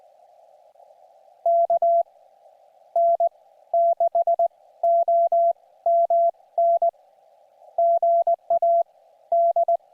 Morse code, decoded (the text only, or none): KN6OMN GA D